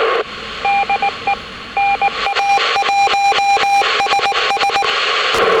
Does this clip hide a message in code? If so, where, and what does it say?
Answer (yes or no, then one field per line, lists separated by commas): yes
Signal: Morse code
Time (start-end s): 0.6-4.8 s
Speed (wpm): 19 wpm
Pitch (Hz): 800 Hz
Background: radio noise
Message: DE NA1SS